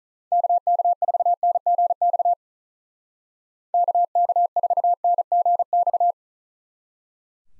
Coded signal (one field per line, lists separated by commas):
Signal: Morse code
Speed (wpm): 47 wpm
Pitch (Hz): 700 Hz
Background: none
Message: KK4NGX KK4NGX